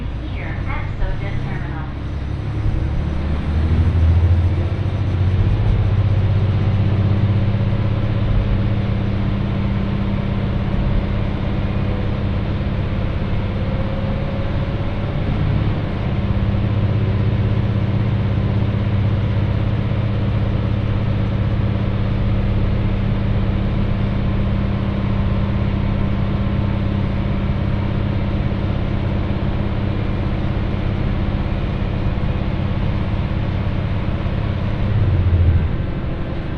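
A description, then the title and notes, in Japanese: A train ride on the Ihara Railway: a steady, heavy low rumble and engine drone hold constant throughout, with faint rattles above. 耳で楽しむ鉄道旅 井原鉄道 早雲の里荏原→総社。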